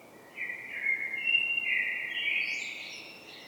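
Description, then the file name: Common blackbird singing one rich, flowing whistled phrase, then finishing with a higher, scratchy flourish; soft hiss behind. "Turdus merula"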